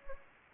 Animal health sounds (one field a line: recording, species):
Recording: mosquito wingbeat signal from an infrared sensor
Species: Anopheles gambiae